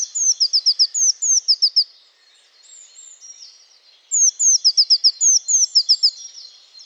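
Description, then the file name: Eurasian blue tit calling in quick high bursts of thin descending notes, a pause with faint twitters, then another rapid series. "Cyanistes caeruleus"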